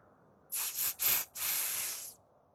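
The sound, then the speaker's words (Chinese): A sequence of airy, sharp hisses from two large earthworms: three short bursts followed by one long sustained hiss, all bright and breathy with no voices present. “良久，嘶嘶声再次响起。”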